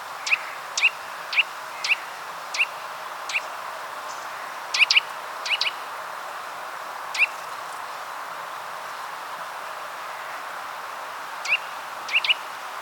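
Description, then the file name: Eurasian nuthatch giving crisp, high single and double notes, evenly spaced at first, then sparser with pauses, over gentle background noise. "Sitta europaea"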